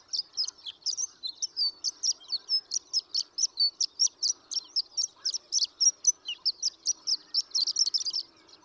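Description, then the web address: Horned lark singing a steady, rapid series of high, thin, tinkling notes, about three to four per second. "birdsongforthecurious Horned Lark"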